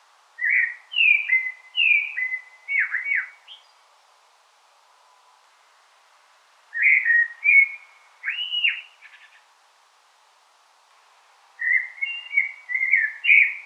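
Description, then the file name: Common blackbird singing three phrases of liquid whistles and quick downslurred notes, separated by several seconds of quiet. "Turdus merula"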